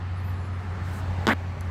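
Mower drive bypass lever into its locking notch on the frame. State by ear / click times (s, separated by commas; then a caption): seated / 1.3 s. On a zero turn mower that won't start, the hydraulic bypass (push) lever pin is pulled out and the metal lever is moved to the left until it locks into its notch on the frame. Over a steady low hum, a single sharp metallic hit is heard at 1.3 s as the lever seats in place.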